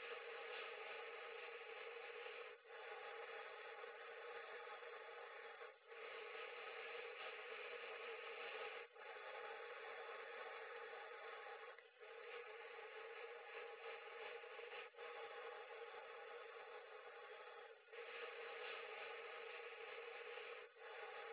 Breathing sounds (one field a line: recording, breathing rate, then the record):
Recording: paced breathing near a phone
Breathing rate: 10 breaths a minute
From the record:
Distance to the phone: 20 cm